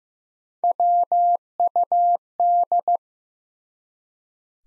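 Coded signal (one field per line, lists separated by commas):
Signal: Morse code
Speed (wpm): 15 wpm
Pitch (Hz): 700 Hz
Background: none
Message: WUD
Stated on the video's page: Morse head-copy drill of common QSO elements at 15 wpm, each sent in Morse, spoken, then sent again.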